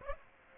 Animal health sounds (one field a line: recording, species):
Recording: mosquito wingbeat signal from an infrared sensor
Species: Aedes aegypti